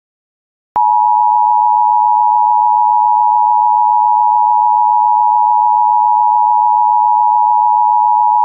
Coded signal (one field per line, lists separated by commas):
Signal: Emergency Alert System (SAME) tones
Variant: 853 and 960 Hz attention tone